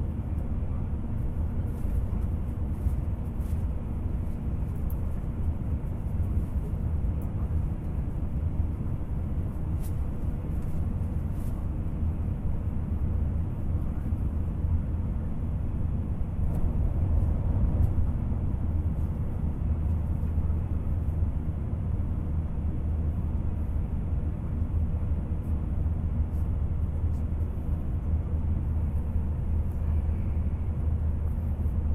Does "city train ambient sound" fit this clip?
yes